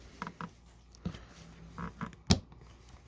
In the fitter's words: it will click into place